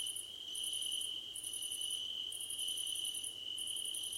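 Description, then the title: Quick high cricket trills come in short pulsed bursts with brief gaps, over a persistent shrill tone. Crickets calling at night under a starlit sky. "Nighttime Ambience with Crickets 🌃"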